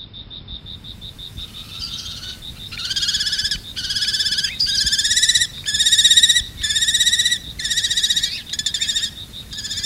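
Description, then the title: Common kestrel giving harsh, buzzy trilled calls in short bursts, about one per second, over a steady high-pitched whine and low rumble. Recorded at Baiyangdian; the kestrel is nicknamed the "vole killer". "家住白洋淀——我的观鸟笔记 “田鼠杀手”红隼"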